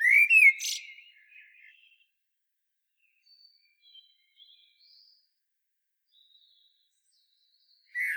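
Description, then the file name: Common blackbird: a loud fluted phrase with a squeaky end, faint notes, then the start of another loud phrase. "Turdus merula"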